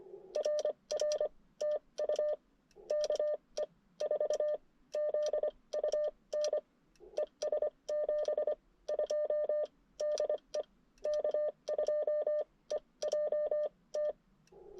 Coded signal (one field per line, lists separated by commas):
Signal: Morse code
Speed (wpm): 23 wpm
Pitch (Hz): 600 Hz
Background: none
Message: RR TU KE4ZUN ES 72 DE K2EJT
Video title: CW Parks On The Air with the IC-705 and Gabil GRA-7350TC at Tracy Creek State Forest